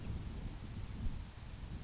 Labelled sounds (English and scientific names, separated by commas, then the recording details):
Grasshopper Sparrow (Ammodramus savannarum)
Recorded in Sonoma County, California